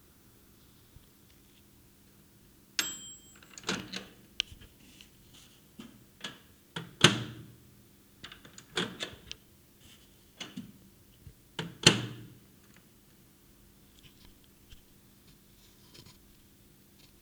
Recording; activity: daily activity, guitar pickup as the sensor; use microwave